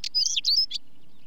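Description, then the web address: Stonechat song: one brief, scratchy, high warbled phrase of quick squeaky notes lasting under a second, then quiet. "BBC Sound Effects Library Birds Stonechat, Song With Chaffinch"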